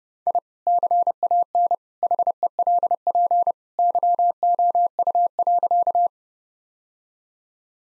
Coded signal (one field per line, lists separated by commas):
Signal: Morse code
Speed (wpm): 30 wpm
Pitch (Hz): 700 Hz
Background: none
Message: I CAN HELP YOU.